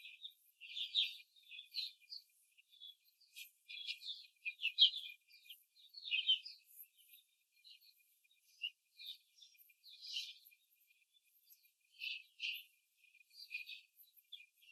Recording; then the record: young laying hens in a cage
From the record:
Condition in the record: control cage, before the stress test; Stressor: none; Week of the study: 4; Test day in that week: 1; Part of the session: 3